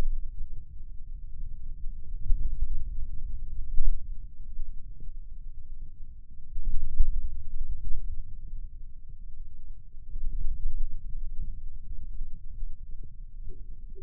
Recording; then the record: forearm muscle sounds (acoustic myography)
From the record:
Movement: finger pinch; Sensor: system 2, bracelet of six BSWA MPA416 microphones around the upper forearm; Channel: 2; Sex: male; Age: 22 years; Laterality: right